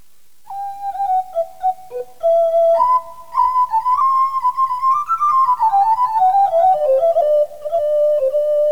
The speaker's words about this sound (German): halt doch, ach halt gleich dein Pfeifblasen an. Oder spiel anders, oder spiel sacht.